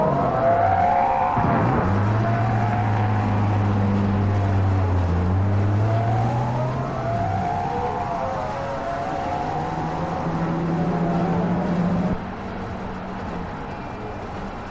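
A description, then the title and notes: Motoring sounds: a car engine hums steadily throughout, its low drone rising and falling in pitch as the vehicle speeds up and shifts, with higher whining tones sweeping along. Around twelve seconds a faint high hiss cuts off and the sound turns slightly quieter. The Sounds of Motoring.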